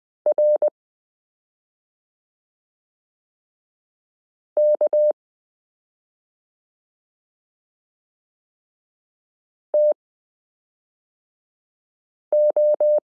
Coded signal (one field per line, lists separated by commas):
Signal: Morse code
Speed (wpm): 20 wpm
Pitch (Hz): 600 Hz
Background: none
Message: RK TO